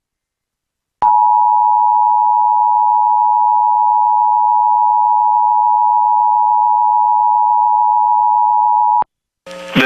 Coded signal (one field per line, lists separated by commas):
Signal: Emergency Alert System (SAME) tones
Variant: 853 and 960 Hz attention tone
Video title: KELO (CBS, Sioux Falls, SD) Severe Weather Coverage (Sat. 8/28/2021 - 4:35-5:55 P.M.) (w/EAS Alerts)